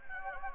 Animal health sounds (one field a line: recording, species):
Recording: mosquito wingbeat signal from an infrared sensor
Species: Anopheles gambiae